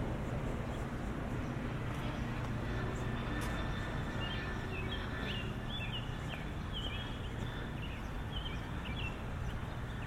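A suburban walk in lower Westchester County, with a steady, dense rumble of traffic filling the low end throughout. Short chirping bird calls come repeatedly in the middle and second half, and faint voices surface briefly early on.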